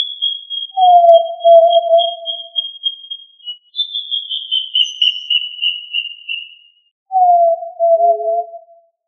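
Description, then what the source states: Tinamou whistles, long pure steady tones, a high thin note followed by a lower mellow one, overlapping and repeated, with a brief silent gap. Family Tinamidae; also labelled quail (puyuh).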